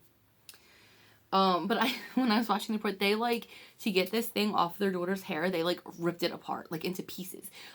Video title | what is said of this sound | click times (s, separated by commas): Snacktime Cabbage Patch Kid- a dangerous doll | if you take her backpack off it will stop the motor her backpack does come out and then it just clicks back in | 0.5 s